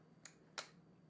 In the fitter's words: And it snaps in place.